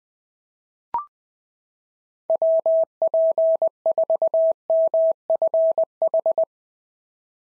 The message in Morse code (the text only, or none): WP4MFH